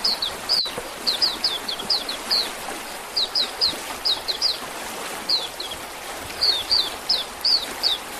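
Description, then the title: Oriental magpie-robin singing short, high, falling whistled notes grouped in quick phrases, pausing now and then, with continuous hiss in the background. "Kicau Kacer"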